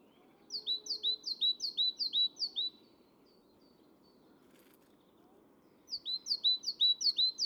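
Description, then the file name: Great tit singing crisp, ringing two-note phrases, six in quick succession, then silence and a second burst starting again. "Parus major"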